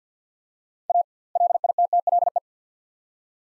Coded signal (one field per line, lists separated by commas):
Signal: Morse code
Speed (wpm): 50 wpm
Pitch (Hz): 700 Hz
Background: none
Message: A LITTLE